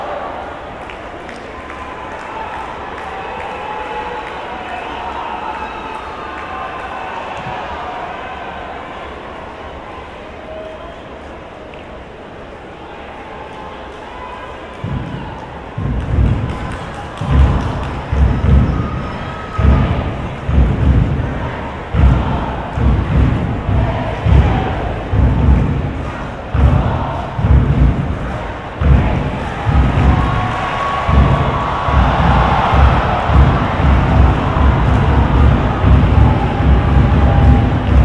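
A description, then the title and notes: A soccer stadium crowd murmurs steadily through the first fifteen seconds. Then regular heavy claps or drum-like thumps begin, about one per second, and a louder chanting swell builds on top of them through to the end. Binaural soccer game, Portland Thorns vs Houston Dash. The lull between plays and between chants and songs in the stadium. This was recorded with binaural mics from the top of the cheap seats, away from people talking. It's behind the goal so there is an entire music/drum/singing/spirit section off to the left nearby that never stops throughout the game.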